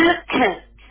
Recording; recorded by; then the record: voluntary cough; telephone call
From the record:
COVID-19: positive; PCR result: checked with the laboratory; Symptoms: no